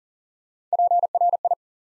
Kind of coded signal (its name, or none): Morse code